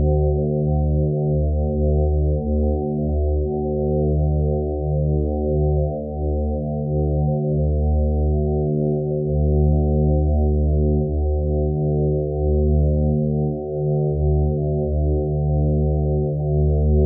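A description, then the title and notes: A sustained, hypnotic tone drones on without pause, deep and humming, with all its sound kept low and nothing bright above. Its layered pitches waver and pulse slowly, swelling and thinning every second or two while the overall loudness stays nearly level throughout. Thirty Minute Drone. Hypnotic sustained tone.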